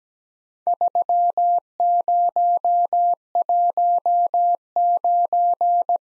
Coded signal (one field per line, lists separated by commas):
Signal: Morse code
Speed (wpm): 17 wpm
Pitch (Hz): 700 Hz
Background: none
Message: 3019